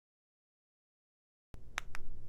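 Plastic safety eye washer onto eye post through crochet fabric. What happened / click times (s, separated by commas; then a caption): The plastic backing snapped onto its post / 1.8 s. The clip is silent until about 1.5 s, when faint low background noise begins. A second plastic safety-eye washer is pushed onto its eye post through crochet fabric and snaps on with a sharp click at 1.8 s, followed by a fainter click at about 1.9 s. The backing is seated.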